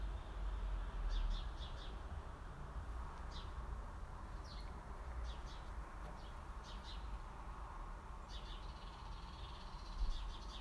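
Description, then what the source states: House sparrow chirps, fairly soft and scattered: brief bright notes in small clusters with gaps between, above a constant low hum. Several house sparrows.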